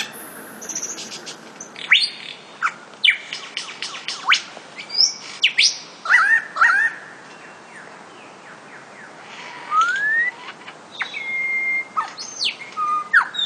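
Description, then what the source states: Lyrebird song, a varied run of sharp clicks, whip-like sweeps and whistled slurs, lively at first, then quieter rising whistles and scattered notes. Sherbrooke Forest, Victoria; sent in by listener Izzy Taylor.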